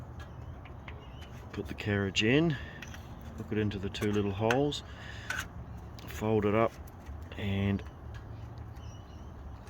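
A roller carriage for a sliding glass door is folded up and lined up in the door's bottom rail, ready to be pushed in. Someone talks over faint handling taps and background hum. Nothing has seated or clicked yet.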